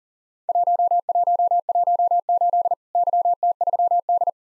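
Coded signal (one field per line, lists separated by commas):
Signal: Morse code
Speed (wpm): 40 wpm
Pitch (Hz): 700 Hz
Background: none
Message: 1118 YT3D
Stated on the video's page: Morse drill of Worked All Europe DX Contest QTC exchanges at 40 wpm, each sent in Morse, spoken, then sent again.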